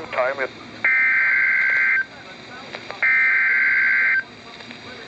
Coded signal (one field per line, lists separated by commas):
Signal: Emergency Alert System (SAME) tones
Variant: header bursts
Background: speech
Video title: Svr T'stm Warning (EAS #443)